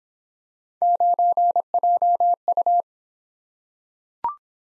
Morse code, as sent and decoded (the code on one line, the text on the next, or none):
----. .--- ..-
9JU